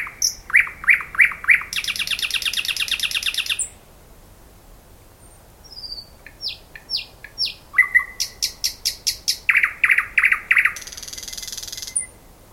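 Thrush nightingale singing: rapid clicking notes, a harsh buzzing rattle, soft whistles, then more repeated chocks and another rattle, with strong varied phrasing.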